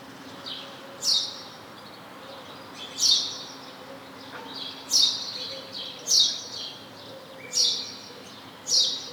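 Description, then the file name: House sparrow chirps: six short, harsh, high notes spaced about one to two seconds apart over a steady low hum. "Passer domesticus"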